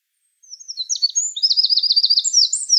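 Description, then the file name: Eurasian wren song starting with thin notes and breaking into a rapid, high rattling trill. "Troglodytes troglodytes"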